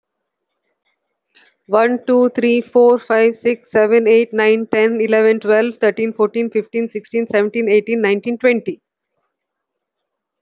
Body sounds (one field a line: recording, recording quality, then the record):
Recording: counting at a fast pace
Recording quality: excellent, no background noise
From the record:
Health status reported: healthy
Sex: female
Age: 49 years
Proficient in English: yes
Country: India